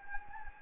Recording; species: mosquito wingbeat signal from an infrared sensor; Anopheles gambiae